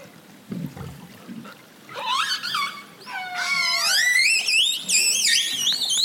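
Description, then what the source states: Orca calls: high wavering squeals with rich harmonics, sliding up and down, ending in a long rising call. The song of an orca, heard at the end.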